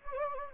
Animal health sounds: mosquito wingbeat signal from an infrared sensor; Anopheles gambiae

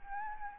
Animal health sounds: mosquito wingbeat signal from an infrared sensor; Aedes albopictus

